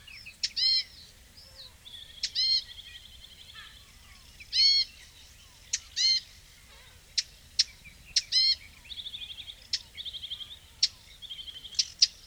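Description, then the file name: Eurasian blackcap hard tacking notes spaced irregularly over twelve seconds, mixed with loud nasal harmonic calls and short buzzy trills. "Sylvia atricapilla"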